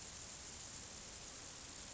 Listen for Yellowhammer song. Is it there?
no